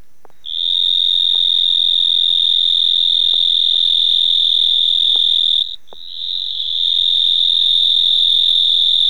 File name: Hemisus marmoratus